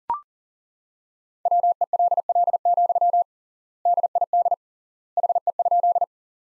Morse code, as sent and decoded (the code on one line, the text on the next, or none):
.-- . .-.. .-.. --..-- / -.. .. -.. / .... . ..--..
WELL, DID HE?